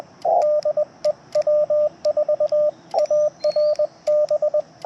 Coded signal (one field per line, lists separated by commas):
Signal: Morse code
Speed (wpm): 20 wpm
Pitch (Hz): 600 Hz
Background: radio noise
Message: DE W4ARB